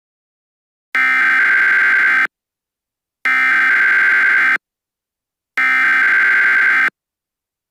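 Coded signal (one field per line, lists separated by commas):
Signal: Emergency Alert System (SAME) tones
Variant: header bursts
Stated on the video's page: Fictional EAS scenario.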